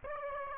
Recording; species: mosquito wingbeat signal from an infrared sensor; Aedes aegypti